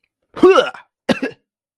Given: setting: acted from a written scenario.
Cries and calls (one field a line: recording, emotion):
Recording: vocal sound without words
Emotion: disgust